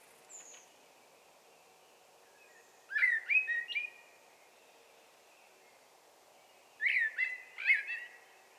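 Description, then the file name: Common blackbird: two short bursts of clear whistled notes, one about a third of the way in and one near the end, each a quick run of three or four notes over low background hiss. "Turdus merula"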